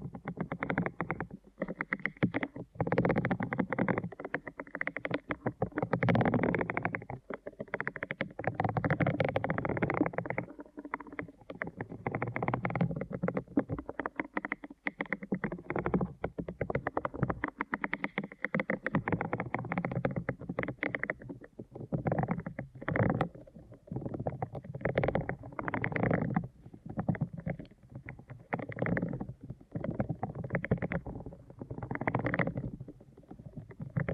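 Deep ear canal massage sounds: dense, muffled rubbing and squishing that continues almost without pause for the whole clip. Mostly low and mid in tone with a soft crackle on top, the strokes swell and ease in irregular bursts, with brief gaps around 10 and 15 seconds.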